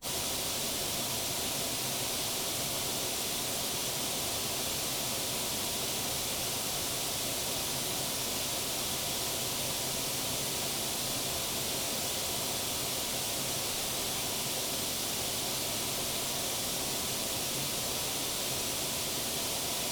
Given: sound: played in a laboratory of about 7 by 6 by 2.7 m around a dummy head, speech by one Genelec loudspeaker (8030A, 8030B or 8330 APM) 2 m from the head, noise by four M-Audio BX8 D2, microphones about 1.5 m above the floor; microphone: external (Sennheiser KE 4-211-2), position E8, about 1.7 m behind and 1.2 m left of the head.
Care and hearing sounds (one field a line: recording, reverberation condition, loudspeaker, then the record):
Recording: white noise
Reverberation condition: low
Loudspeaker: four, about 170 cm from the corners of the room and facing them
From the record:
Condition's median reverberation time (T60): about 310 ms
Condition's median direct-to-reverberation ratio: about 3.5 dB